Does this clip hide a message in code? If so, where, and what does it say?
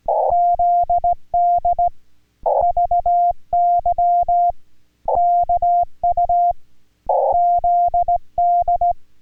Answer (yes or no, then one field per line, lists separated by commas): yes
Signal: Morse code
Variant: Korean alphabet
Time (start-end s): 0.3-8.9 s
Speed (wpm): 18 wpm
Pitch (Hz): 700 Hz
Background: music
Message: 트 레 이 트